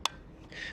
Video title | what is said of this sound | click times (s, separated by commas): VELOTRIC DISCOVER 2 - Could Be The Best Commuter Ebike I've Reviewed! Made For Comfort | and once that click is done you know that you're good to go | 0.1 s